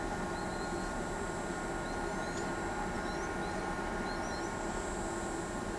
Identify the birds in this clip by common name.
Trinidad Euphonia